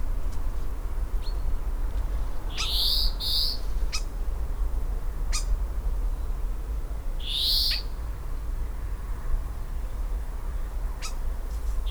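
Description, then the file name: European greenfinch calls: a close pair of bright notes, then a single one several seconds later, with scattered sharp ticks and a constant low rumble underneath. "Chloris chloris"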